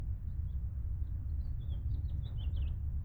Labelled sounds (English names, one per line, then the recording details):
House Finch song
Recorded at Wantagh on Long Island, New York, on 21 May 1975
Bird C